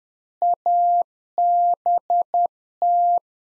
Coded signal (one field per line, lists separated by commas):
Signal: Morse code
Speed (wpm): 10 wpm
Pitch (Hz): 700 Hz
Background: none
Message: ABT